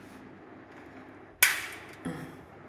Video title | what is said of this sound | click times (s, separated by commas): IKEA Trotten Drawer Unit - Step by Step Full Assembly | with the click sound | 1.4 s